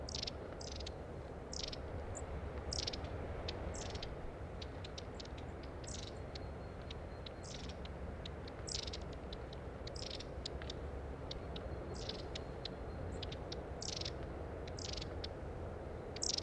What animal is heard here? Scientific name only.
Aegithalos caudatus